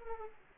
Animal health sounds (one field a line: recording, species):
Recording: mosquito wingbeat signal from an infrared sensor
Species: Aedes aegypti